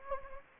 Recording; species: mosquito wingbeat signal from an infrared sensor; Anopheles gambiae